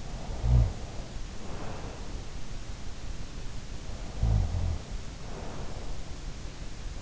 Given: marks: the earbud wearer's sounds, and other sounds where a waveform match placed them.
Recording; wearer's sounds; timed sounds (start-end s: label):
sounds in sleep by an in-ear microphone; snoring breath
0.00-2.40 s: snoring breath
3.86-6.21 s: snoring breath